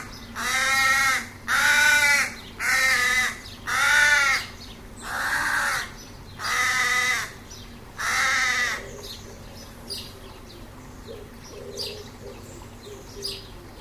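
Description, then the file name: Carrion crow giving a series of seven harsh, hoarse caws at about one-second intervals, followed by quieter background with faint chirps. "Corvus corone"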